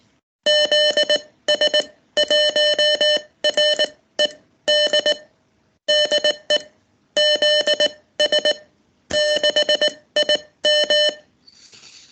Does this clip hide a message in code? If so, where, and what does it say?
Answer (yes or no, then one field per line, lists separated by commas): yes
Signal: Morse code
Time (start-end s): 0.5-11.1 s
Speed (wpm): 18 wpm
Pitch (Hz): 600 Hz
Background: none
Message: ZS1RED DE ZS6IM